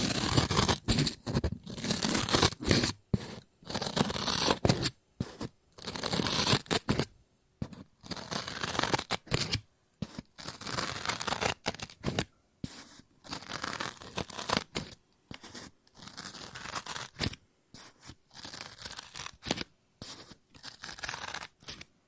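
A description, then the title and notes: Scissors snip and cut through paper in short, bright bursts separated by brief silences, repeating steadily for the whole stretch. Each cut is a crisp, rasping stroke, some longer and tearing, others quick snips, with rustling paper between them. ASMR Scissors No Talking Snips and Cutting Paper.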